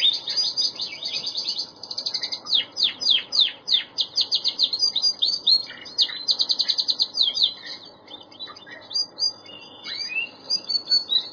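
Songbird: bird song, a fast loud chattering of rapid high sweeps and trills repeated in bursts, with short whistled notes between them.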